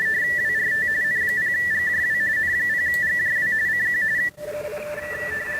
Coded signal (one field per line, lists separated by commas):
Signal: RTTY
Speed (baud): 45.45 baud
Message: WRT N0GJW N0GJW CQ